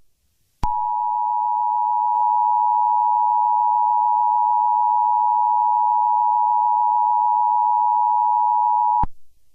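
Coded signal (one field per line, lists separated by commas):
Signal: Emergency Alert System (SAME) tones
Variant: 853 and 960 Hz attention tone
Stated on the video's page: Mock EAS Local Area Emergency alert, made on request.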